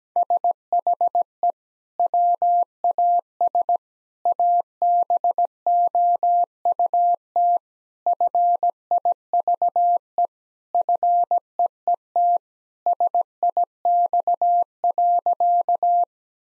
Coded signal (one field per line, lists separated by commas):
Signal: Morse code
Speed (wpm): 17 wpm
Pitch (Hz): 700 Hz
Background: none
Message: SHE WAS ABOUT FIVE FEET SIX.